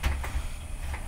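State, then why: Not seated. A drive in its holder is slid into the drive bay of an In-Win GT1 mid tower ATX PC case, giving a low rumbling slide with a short bump at 0.2 s. The clip ends before the drive goes home, and nothing has seated or clicked yet.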